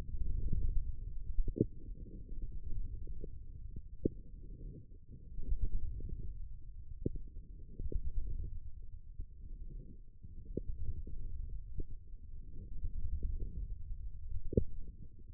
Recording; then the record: forearm muscle sounds (acoustic myography)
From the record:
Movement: wrist flexion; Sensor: system 1, eight BSWA MPA416 microphones around the upper forearm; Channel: 7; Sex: male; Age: 18 years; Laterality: right